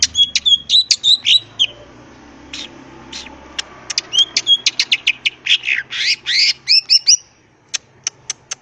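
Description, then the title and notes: Leafbird song: quick twisting whistles mixed with clicks and harsh buzzy bursts, trailing off into a few isolated ticks. Vigorously singing (gacor), melodious leafbird (cucak ijo) in ngentrok style with crest raised (jambul nembak); recording intended as a master track for training other cucak ijo. "Cucak Ijo Gacor Ngentrok Jambul Nembak. suara burung cucak ijo gacor, merdu cocok buat masteran burung cucak ijo"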